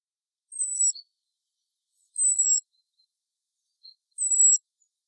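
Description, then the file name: European robin calling with three short, very high, thin notes, each sliding slightly downward, spaced about two seconds apart against silence. "Erithacus rubecula"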